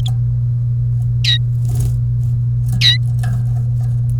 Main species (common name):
Domestic Canary